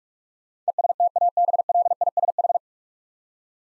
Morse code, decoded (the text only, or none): ESTABLISH